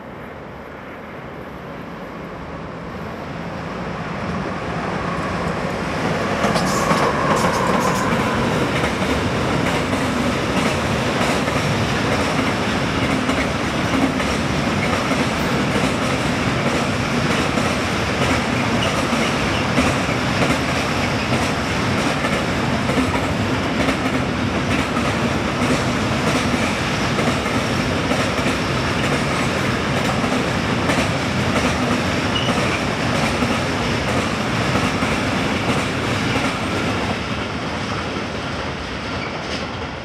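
A freight train on the Simplon line rolls past, building from a quieter start to a full, steady roar by about five seconds. Dense rumbling and rapid clattering of wagons continue evenly throughout, with a brief brighter squeal near seven seconds, easing slightly at the end.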